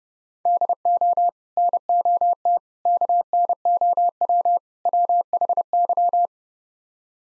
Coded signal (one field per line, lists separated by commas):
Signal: Morse code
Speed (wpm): 37 wpm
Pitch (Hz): 700 Hz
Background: none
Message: DO NOT KNOW WHY